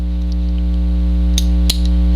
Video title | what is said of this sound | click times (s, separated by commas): Sig Sauer 1911 Extreme complete disassembly/reassembly (part 3) | two clicks pull the trigger Hammer comes up | 1.4 s, 1.7 s